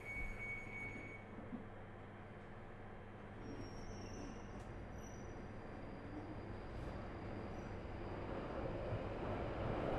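An empty Underground train rumbles along, a dense, steady roar weighted in the low end that swells slightly louder toward the end. A thin whistle sounds near the start, and faint high squeals and clicks come and go around the middle.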